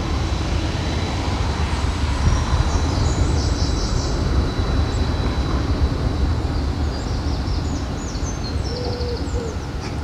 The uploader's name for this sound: Sounds along the river in Odense, Denmark